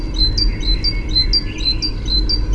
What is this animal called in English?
Great Tit